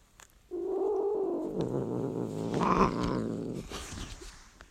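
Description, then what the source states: Cat yowling, a long drawn-out wavering moan that starts abruptly and holds for about three seconds before fading into breathy noise. Cat in heat.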